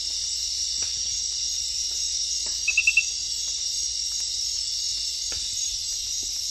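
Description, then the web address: Glass frog calling with a brief burst of four rapid, high clicks amid steady insect buzzing. Unidentified centrolenid species from the Ecuadorian Amazon. "Natures Songs S America Frogs of Ecuadorian Amazon centrolenid sp 5"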